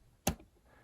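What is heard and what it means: A black plastic gear in the door mechanism of a LEGO 42184 Koenigsegg Jesko Absolut is forced by turning its axle until it jumps one tooth along its rack, a crude, not-recommended method for opening a gap the door needs in order to seat. A single sharp click at 0.3 s marks the gear skipping the tooth, followed by a brief low rattle and quiet. The gear has slipped one tooth on the rack.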